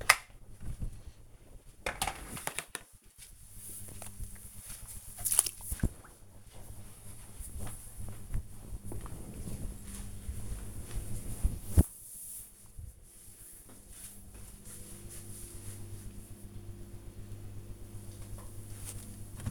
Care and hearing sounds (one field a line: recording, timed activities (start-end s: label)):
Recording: household activities, microphone on the right wrist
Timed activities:
17.70-19.50 s: drinking